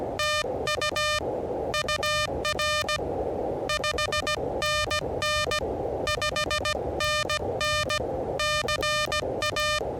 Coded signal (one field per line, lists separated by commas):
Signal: Morse code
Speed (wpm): 17 wpm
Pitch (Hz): 1210 Hz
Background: music, radio noise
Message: TU UR 5NN 5NN CA